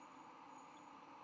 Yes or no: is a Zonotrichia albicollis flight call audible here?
no